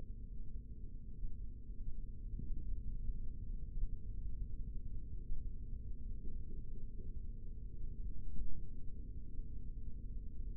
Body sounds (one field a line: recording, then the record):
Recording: forearm muscle sounds (acoustic myography)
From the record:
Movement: rest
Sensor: system 3, bracelet of six PUI Audio POM-2738L microphones around the upper forearm, with dedicated amplification and filtering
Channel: 2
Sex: male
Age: 56 years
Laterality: right